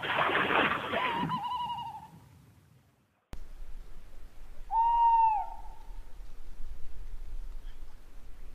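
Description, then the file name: Tawny owl hoot: a tonal note that wavers and falls, after a burst of broad rushing noise and a short quavering tone. "chouette hulotte"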